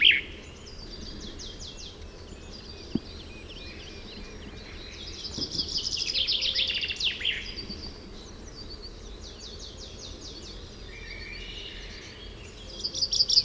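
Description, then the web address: Common chaffinch song, high bright trilled phrases, loudest near the middle and again at the end, over steady background noise. "chant xeno-canto pinson des arbres"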